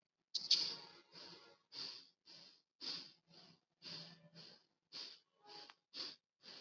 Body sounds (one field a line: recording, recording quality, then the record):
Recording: shallow breathing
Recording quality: excellent, no background noise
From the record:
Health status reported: COVID-19 positive, moderate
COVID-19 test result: positive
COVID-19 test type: RT-PCR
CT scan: not taken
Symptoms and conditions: cough, fever, fatigue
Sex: male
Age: 46 years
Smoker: no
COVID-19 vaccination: both doses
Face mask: worn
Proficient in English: yes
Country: India